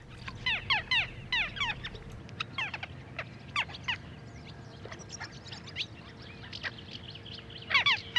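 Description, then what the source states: Little Gull flight calls: short nasal harmonic notes in a quick burst at the start, then scattered single calls, with a fresh cluster near the end over a steady low hum. Lone bird flying north at about 100 m height in strong wind, calling 'dääkkä dääkkä', possibly heading for northern breeding reedbeds.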